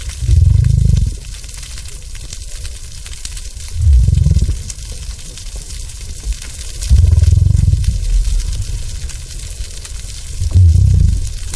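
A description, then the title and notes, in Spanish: Gray whale breaths come as four deep, rumbling bursts, each lasting about a second, at roughly three-second intervals near the start, middle and end. Between them a steady, thin hiss continues, with occasional faint crackles. Respiros_Ballena_gris.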